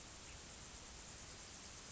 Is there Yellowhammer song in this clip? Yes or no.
no